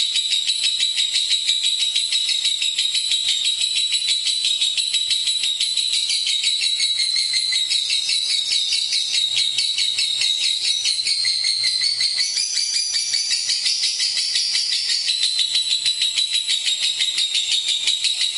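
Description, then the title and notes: Lovebird ngekek song, a long unbroken rattling trill of very fast shrill notes, sustained evenly for the whole stretch with slight rises and falls in pitch. Lovebird in extended ngekek song style, used as a bait song (kicau pancingan) to prompt other lovebirds to sing. "Master Kicau Lovebird ngekek, kicau pancingan"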